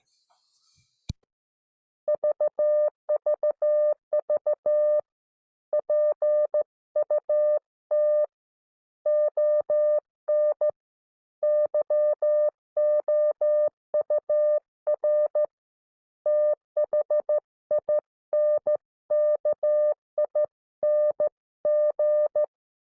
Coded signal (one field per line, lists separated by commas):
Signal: Morse code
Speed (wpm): 14 wpm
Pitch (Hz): 600 Hz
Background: none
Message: VVV PUT ON YOUR THINKING